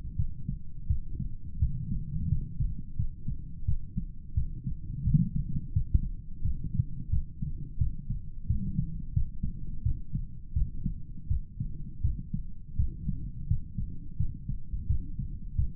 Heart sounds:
heart sounds by stethoscope; 86 bpm
0.16 s: heartbeat
0.87 s: heartbeat
1.59 s: heartbeat
2.29 s: heartbeat
2.96 s: heartbeat
3.65 s: heartbeat
4.34 s: heartbeat
5.04 s: heartbeat
5.73 s: heartbeat
6.42 s: heartbeat
7.10 s: heartbeat
7.78 s: heartbeat
8.47 s: heartbeat
9.13 s: heartbeat
9.83 s: heartbeat
10.53 s: heartbeat
11.28 s: heartbeat
12.02 s: heartbeat
12.76 s: heartbeat
13.47 s: heartbeat
14.17 s: heartbeat
14.87 s: heartbeat
15.56 s: heartbeat
From the record:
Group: healthy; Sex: male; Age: 35 years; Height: 178 cm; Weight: 64 kg

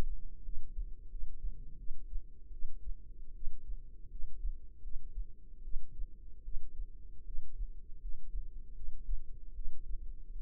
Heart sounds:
heart sounds by microphone in the left ear; 79 bpm
0.43 s: heartbeat
1.09 s: heartbeat
1.77 s: heartbeat
2.51 s: heartbeat
3.34 s: heartbeat
4.09 s: heartbeat
4.82 s: heartbeat
5.63 s: heartbeat
6.43 s: heartbeat
7.25 s: heartbeat
8.00 s: heartbeat
8.75 s: heartbeat
9.54 s: heartbeat
10.31 s: heartbeat
From the record:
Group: healthy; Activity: cold pressor test 0-7 s, rest 7-10 s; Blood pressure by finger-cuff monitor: 78/39 mmHg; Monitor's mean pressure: 55 mmHg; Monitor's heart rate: 80 bpm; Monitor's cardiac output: 8.4 L/min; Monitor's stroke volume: 105 mL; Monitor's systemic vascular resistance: 480 dyn s/cm5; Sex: female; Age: 22 years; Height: 161 cm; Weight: 65.5 kg

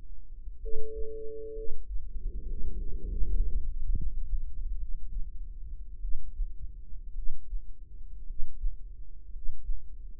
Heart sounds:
heart sounds by microphone in the right ear; 62 bpm
0.59 s: heartbeat
1.52 s: heartbeat
2.44 s: heartbeat
3.03 s: heartbeat
3.94 s: heartbeat
4.77 s: heartbeat
5.99 s: heartbeat
7.12 s: heartbeat
8.24 s: heartbeat
9.29 s: heartbeat
From the record:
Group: healthy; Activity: rest 0-2 s, breath hold 2-10 s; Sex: female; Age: 22 years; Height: 171 cm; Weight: 65.6 kg

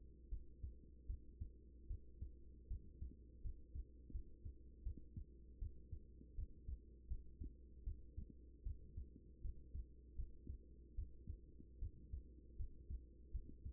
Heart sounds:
heart sounds by stethoscope; 78 bpm
0.29 s: heartbeat
1.06 s: heartbeat
1.87 s: heartbeat
2.67 s: heartbeat
3.41 s: heartbeat
4.11 s: heartbeat
4.83 s: heartbeat
5.59 s: heartbeat
6.35 s: heartbeat
7.07 s: heartbeat
7.84 s: heartbeat
8.63 s: heartbeat
9.41 s: heartbeat
10.15 s: heartbeat
10.95 s: heartbeat
11.79 s: heartbeat
12.56 s: heartbeat
13.31 s: heartbeat
From the record:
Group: healthy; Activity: rest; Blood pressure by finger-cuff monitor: 107/67 mmHg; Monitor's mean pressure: 84 mmHg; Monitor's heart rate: 78 bpm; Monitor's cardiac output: 6.4 L/min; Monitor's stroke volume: 83 mL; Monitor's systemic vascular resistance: 960 dyn s/cm5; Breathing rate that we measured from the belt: 20 breaths a minute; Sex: female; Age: 24 years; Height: 163 cm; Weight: 55.7 kg

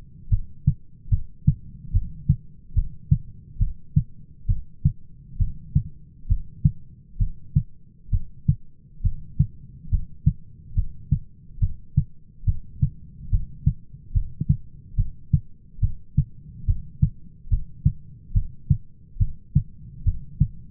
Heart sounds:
heart sounds by stethoscope; 70 bpm
0.32 s: heartbeat
1.12 s: heartbeat
1.94 s: heartbeat
2.76 s: heartbeat
3.60 s: heartbeat
4.49 s: heartbeat
5.40 s: heartbeat
6.30 s: heartbeat
7.20 s: heartbeat
8.13 s: heartbeat
9.04 s: heartbeat
9.92 s: heartbeat
10.76 s: heartbeat
11.62 s: heartbeat
12.47 s: heartbeat
13.32 s: heartbeat
14.15 s: heartbeat
14.98 s: heartbeat
15.82 s: heartbeat
16.68 s: heartbeat
17.51 s: heartbeat
18.35 s: heartbeat
19.20 s: heartbeat
20.06 s: heartbeat
From the record:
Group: heart failure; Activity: rest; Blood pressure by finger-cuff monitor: 130/95 mmHg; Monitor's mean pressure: 109 mmHg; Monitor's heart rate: 71 bpm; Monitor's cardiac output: 6.1 L/min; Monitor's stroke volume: 87 mL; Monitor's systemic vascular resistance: 1300 dyn s/cm5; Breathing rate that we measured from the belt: 16 breaths a minute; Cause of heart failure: idiopathic cardiomyopathy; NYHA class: 1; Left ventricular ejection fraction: 50%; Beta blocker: bisoprolol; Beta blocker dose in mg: 5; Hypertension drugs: candesartan, spironolactone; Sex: male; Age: 54 years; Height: 180 cm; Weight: 94.6 kg

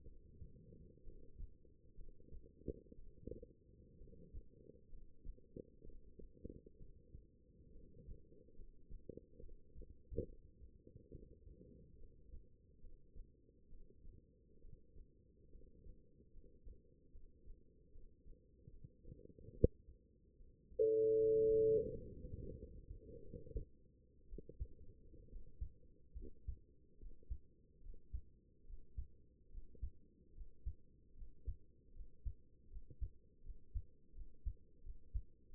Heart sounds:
heart sounds by stethoscope; 71 bpm
0.03 s: heartbeat
1.02 s: heartbeat
1.94 s: heartbeat
2.94 s: heartbeat
3.96 s: heartbeat
4.88 s: heartbeat
5.82 s: heartbeat
6.76 s: heartbeat
7.71 s: heartbeat
8.54 s: heartbeat
9.39 s: heartbeat
10.25 s: heartbeat
11.10 s: heartbeat
11.97 s: heartbeat
12.80 s: heartbeat
13.68 s: heartbeat
14.60 s: heartbeat
15.50 s: heartbeat
16.31 s: heartbeat
17.11 s: heartbeat
17.91 s: heartbeat
18.69 s: heartbeat
19.53 s: heartbeat
20.36 s: heartbeat
21.16 s: heartbeat
21.89 s: heartbeat
22.56 s: heartbeat
23.23 s: heartbeat
24.27 s: heartbeat
25.28 s: heartbeat
26.15 s: heartbeat
26.98 s: heartbeat
27.80 s: heartbeat
28.64 s: heartbeat
29.49 s: heartbeat
30.32 s: heartbeat
31.13 s: heartbeat
31.91 s: heartbeat
32.67 s: heartbeat
33.41 s: heartbeat
34.12 s: heartbeat
34.81 s: heartbeat
35.49 s: heartbeat
From the record:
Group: healthy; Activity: rest 0-20 s, breath hold 20-36 s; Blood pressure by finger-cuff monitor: 114/71 mmHg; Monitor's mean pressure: 88 mmHg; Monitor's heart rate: 71 bpm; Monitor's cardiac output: 6.6 L/min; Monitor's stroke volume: 91 mL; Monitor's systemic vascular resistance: 960 dyn s/cm5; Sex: female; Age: 23 years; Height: 160 cm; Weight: 50.4 kg

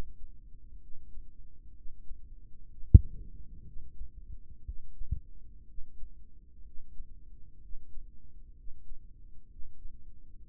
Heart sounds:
heart sounds by microphone in the left ear; 62 bpm
0.79 s: heartbeat
1.74 s: heartbeat
2.68 s: heartbeat
3.64 s: heartbeat
4.64 s: heartbeat
5.66 s: heartbeat
6.63 s: heartbeat
7.60 s: heartbeat
8.55 s: heartbeat
9.48 s: heartbeat
10.41 s: heartbeat
From the record:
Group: heart failure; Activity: rest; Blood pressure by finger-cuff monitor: 104/71 mmHg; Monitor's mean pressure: 82 mmHg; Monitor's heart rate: 64 bpm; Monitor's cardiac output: 3.8 L/min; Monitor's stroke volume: 59 mL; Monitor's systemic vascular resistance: 1620 dyn s/cm5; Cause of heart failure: idiopathic cardiomyopathy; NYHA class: 2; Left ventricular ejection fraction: 17%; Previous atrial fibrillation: present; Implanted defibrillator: present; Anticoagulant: edoxaban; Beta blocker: bisoprolol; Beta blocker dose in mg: 7.5 twice daily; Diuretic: furosemide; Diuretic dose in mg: 20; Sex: male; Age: 63 years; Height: 160 cm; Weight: 69 kg

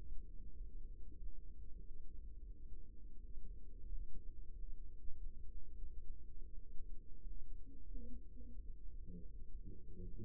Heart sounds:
heart sounds by microphone in the right ear; 89 bpm
0.53 s: heartbeat
1.15 s: heartbeat
1.77 s: heartbeat
2.44 s: heartbeat
3.14 s: heartbeat
3.84 s: heartbeat
4.51 s: heartbeat
5.14 s: heartbeat
5.81 s: heartbeat
6.50 s: heartbeat
7.20 s: heartbeat
7.84 s: heartbeat
8.51 s: heartbeat
9.24 s: heartbeat
10.00 s: heartbeat
From the record:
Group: healthy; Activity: rest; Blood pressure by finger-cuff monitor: 100/57 mmHg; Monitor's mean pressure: 70 mmHg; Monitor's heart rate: 93 bpm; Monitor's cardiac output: 7.1 L/min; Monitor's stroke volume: 74 mL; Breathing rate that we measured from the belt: 18 breaths a minute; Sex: male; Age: 22 years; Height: 181 cm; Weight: 60 kg

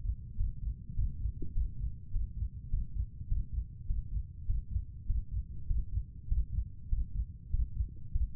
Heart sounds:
heart sounds by stethoscope; 101 bpm
0.35 s: heartbeat
0.93 s: heartbeat
1.52 s: heartbeat
2.10 s: heartbeat
2.68 s: heartbeat
3.26 s: heartbeat
3.85 s: heartbeat
4.44 s: heartbeat
5.05 s: heartbeat
5.65 s: heartbeat
6.27 s: heartbeat
6.88 s: heartbeat
7.49 s: heartbeat
8.10 s: heartbeat
From the record:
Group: healthy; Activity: Valsalva maneuver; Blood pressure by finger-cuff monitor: 104/73 mmHg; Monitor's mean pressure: 77 mmHg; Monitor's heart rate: 101 bpm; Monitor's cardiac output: 6.8 L/min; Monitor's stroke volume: 68 mL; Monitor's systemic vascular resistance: 820 dyn s/cm5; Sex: male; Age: 35 years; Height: 180 cm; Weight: 86.9 kg

